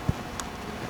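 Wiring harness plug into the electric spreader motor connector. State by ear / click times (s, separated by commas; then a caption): seated / 0.4 s. A wiring harness plug, woven through the shield, is pushed into the motor connector of an ABI Force Z-23 electric spreader. A low thump is heard near 0.1 s, then a single sharp, short click at 0.4 s as the plug seats fully.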